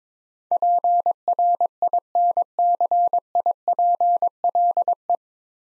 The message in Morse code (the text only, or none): PRINCIPLE